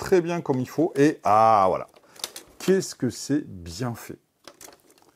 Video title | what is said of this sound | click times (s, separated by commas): Présentation du Nerf Zombie Strike Ripchain | Ça se clipse tout seul. | 4.5 s